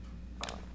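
A 35mm film leader is rewound by hand inside a Leica M2 rangefinder camera body. Two short, sharp clicks sound at 0.4 s and 0.5 s over a low steady hum as the leader comes free of the take-up spool. The film tension is released.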